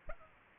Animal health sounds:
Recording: mosquito wingbeat signal from an infrared sensor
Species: Culex pipiens

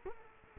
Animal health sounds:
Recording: mosquito wingbeat signal from an infrared sensor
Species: Culex quinquefasciatus

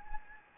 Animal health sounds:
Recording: mosquito wingbeat signal from an infrared sensor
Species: Anopheles gambiae

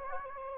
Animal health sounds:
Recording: mosquito wingbeat signal from an infrared sensor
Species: Anopheles gambiae

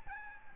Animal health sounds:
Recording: mosquito wingbeat signal from an infrared sensor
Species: Aedes albopictus

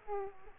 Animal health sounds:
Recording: mosquito wingbeat signal from an infrared sensor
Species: Aedes aegypti

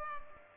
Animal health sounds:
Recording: mosquito wingbeat signal from an infrared sensor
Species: Culex pipiens

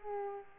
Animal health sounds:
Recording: mosquito wingbeat signal from an infrared sensor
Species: Culex pipiens

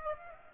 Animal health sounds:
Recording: mosquito wingbeat signal from an infrared sensor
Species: Aedes aegypti

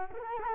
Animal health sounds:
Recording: mosquito wingbeat signal from an infrared sensor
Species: Culex quinquefasciatus

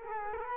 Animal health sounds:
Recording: mosquito wingbeat signal from an infrared sensor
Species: Culex quinquefasciatus

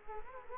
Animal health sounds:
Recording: mosquito wingbeat signal from an infrared sensor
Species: Culex quinquefasciatus

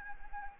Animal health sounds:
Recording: mosquito wingbeat signal from an infrared sensor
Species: Anopheles arabiensis

